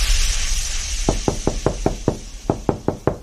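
knocking on a door

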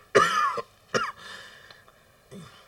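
coughing

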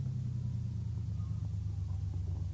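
car driving

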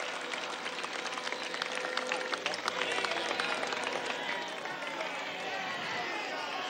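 crowd applause

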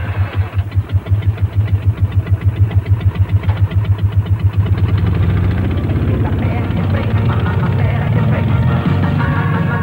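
motorcycle engine starting

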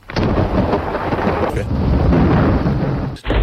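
thunder

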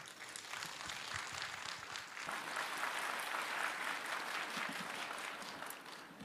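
audience applause

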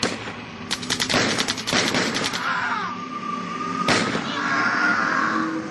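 gunfire

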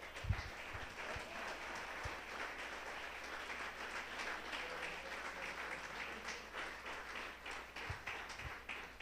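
audience applause

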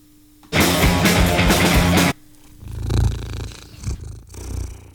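cat purring

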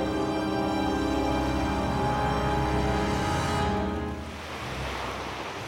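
sea waves and wind

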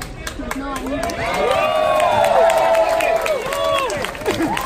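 audience cheering and applause

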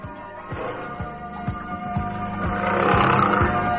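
leopard roaring

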